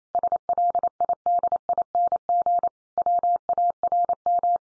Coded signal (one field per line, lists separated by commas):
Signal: Morse code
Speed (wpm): 28 wpm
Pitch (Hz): 700 Hz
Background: none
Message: SLIDING WARM